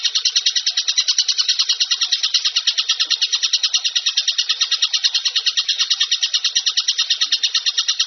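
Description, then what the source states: Bird chatter: rapid, buzzy pulses delivered in a continuous, regular stream with no breaks. Masteran compilation of bird song, described as the most complete.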